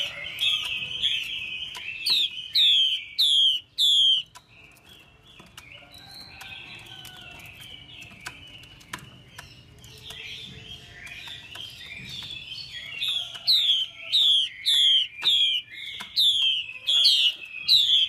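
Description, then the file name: Chinese hwamei singing a run of loud, sliding whistled notes, a softer varied warble in the middle, then another fast series of repeated ringing downslurs. Female hwamei voice used to stimulate male birds. "Tieng chim hoa mi mai kich trong"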